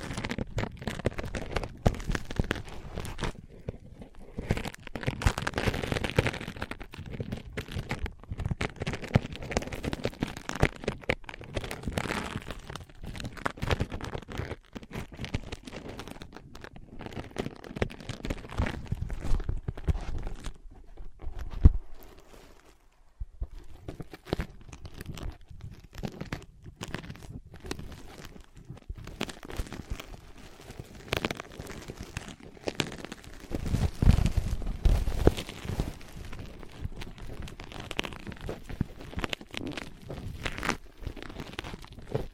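Ear pads are tapped, scratched and traced, giving a dense run of soft rubbing and crinkly scratching with frequent quick taps throughout. The texture swells and thins irregularly, with a brief near-silent gap around 22 seconds and a sharper tap near 34 seconds.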